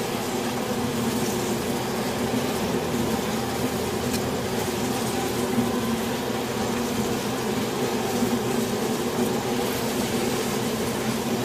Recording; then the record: honeybee colony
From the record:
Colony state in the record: swarm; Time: day